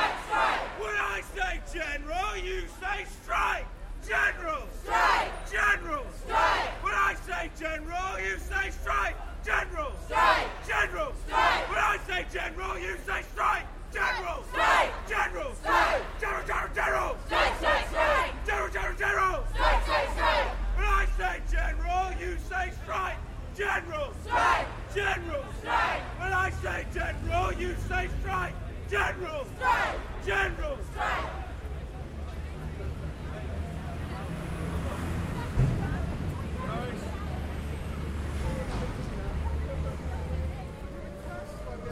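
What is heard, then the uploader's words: A student demonstration against cuts, with a crowd: dense, overlapping voices and shouts rising and falling for about thirty seconds. Near the end the voices thin out and a low rumble of traffic or movement takes over, quieter. Demostration, student gathering against the cuts - Binaural Composition, London. This is a binaural audio recording.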